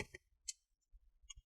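A guitar pick is worked between the palm rest and the plastic bottom cover along the side of an HP 15-da0019 laptop to pop the plastic retaining clips free. Sharp plastic snaps ring out at 0.0, 0.2, 0.5 and 1.3 seconds, with soft scraping between them. The bottom cover clips come loose, which is the wanted result.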